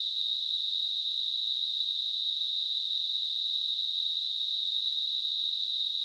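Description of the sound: Simulated tinnitus: a steady, high-pitched hissing ring centred near 4 kHz, unchanging in pitch and loudness throughout, with no low-frequency sound.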